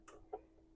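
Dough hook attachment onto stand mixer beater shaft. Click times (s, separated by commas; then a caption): 0.1 s, 0.3 s. A dough hook for a VivoHome 6 Qt stand mixer is lined up with the bar on the mixer shaft, pushed on and twisted until it locks. Two small tick-like clicks sound at 0.1 s and 0.3 s, and the hook is seated, locked into place on the shaft.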